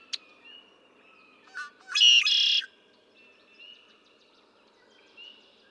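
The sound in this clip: Red-winged blackbird song, a couple of brief notes leading into a single harsh, buzzy trill under a second long, with faint bird chirps around it.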